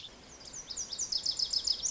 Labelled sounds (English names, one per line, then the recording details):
Lazuli Bunting
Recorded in Sonoma County, California